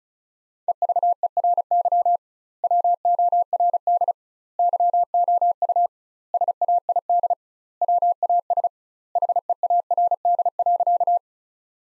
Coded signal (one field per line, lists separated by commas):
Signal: Morse code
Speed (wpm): 34 wpm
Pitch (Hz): 700 Hz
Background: none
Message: EVERY WORD YOU SAID WAS HEARD.